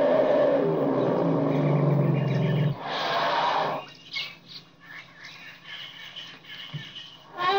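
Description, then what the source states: Elephant trumpeting: a loud, long, brassy blast with a deep tonal band, then a rush of harsh noise, followed by scattered bird chirps and calls. Elephant trumpet recorded with surrounding bird ambience.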